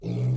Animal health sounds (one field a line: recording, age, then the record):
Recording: pig call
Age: weaner (32 to 43 days)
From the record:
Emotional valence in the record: negative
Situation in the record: short isolation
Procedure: open field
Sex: female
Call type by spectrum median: low-frequency call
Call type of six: low-frequency stable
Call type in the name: low-frequency stable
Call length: 0.37 s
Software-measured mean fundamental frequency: 60 Hz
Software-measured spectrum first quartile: 126 Hz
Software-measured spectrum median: 155 Hz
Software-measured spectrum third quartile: 286 Hz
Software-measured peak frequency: 139 Hz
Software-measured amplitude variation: 96 dB a second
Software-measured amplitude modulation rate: 25.9 a second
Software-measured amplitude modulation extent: 3.7 dB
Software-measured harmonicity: -0.1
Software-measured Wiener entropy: -0.61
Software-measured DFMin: 1325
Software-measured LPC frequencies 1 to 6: 2304, 3537, 4244, 4908, 5793, 7587 Hz